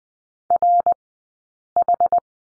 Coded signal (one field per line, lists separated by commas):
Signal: Morse code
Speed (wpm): 20 wpm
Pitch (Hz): 700 Hz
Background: none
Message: RH